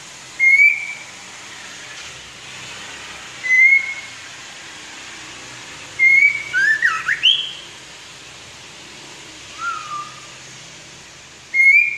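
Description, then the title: White-rumped shama giving clear whistled notes every few seconds, then a quick tumbling phrase of slurred notes, with a soft falling whistle later. "murai batu"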